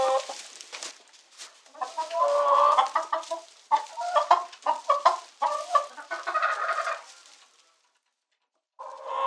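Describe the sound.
Chicken distress calls, harsh broken squawks and cackles in irregular bursts, then a brief silence before another squawk.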